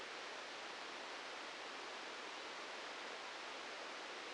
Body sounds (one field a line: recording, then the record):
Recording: brain microelectrode recording played as sound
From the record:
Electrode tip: outside the subthalamic nucleus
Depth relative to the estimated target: 4 mm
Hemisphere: right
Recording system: NeuroSet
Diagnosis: Parkinson's disease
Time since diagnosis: 10 years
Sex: male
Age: 56 years